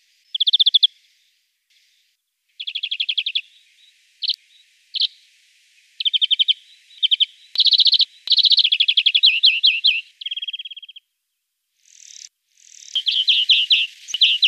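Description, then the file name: European greenfinch song: bursts of rapid trilled notes and twittering phrases separated by short pauses. "Verdier d'Europe"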